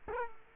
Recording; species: mosquito wingbeat signal from an infrared sensor; Culex quinquefasciatus